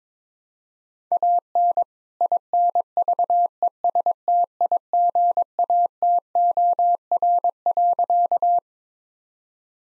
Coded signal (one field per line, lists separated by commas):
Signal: Morse code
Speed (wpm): 22 wpm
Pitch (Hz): 700 Hz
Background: none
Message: AN INVESTIGATOR.